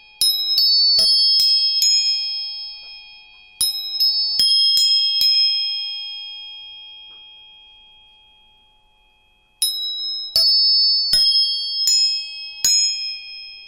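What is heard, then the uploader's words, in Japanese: Tuning forks are struck in quick clusters of bright metallic pings, each ringing on with a clear high tone that fades slowly between bursts. 音叉チューニング全体性。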